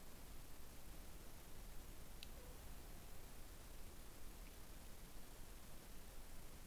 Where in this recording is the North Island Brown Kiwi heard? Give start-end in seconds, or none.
none